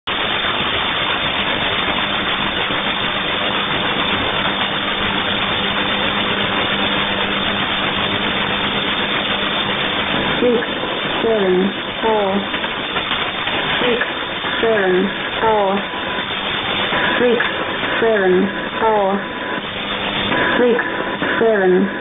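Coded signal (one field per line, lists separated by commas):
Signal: numbers station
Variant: E17z English Lady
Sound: steady radio static, then from about ten seconds short evenly spaced spoken words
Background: radio static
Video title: 04 01 2018 Numbers station E17z English Lady in English to Eu 0810 on 9820 unknown tx site in CUSB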